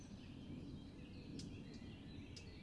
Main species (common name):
Eurasian Blackcap